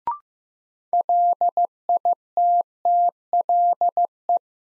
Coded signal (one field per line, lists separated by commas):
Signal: Morse code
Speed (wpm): 15 wpm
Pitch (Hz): 700 Hz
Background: none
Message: LITTLE